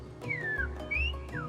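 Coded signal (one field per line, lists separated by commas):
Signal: whistled language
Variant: Silbo Gomero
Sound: three short gliding whistles, falling, rising, falling, over low background rumble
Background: low rumble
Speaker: there are a handful of other whistling languages in the world but none as developed as [Music] this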